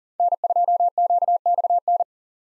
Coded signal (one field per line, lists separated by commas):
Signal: Morse code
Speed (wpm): 40 wpm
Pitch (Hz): 700 Hz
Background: none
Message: N2QXN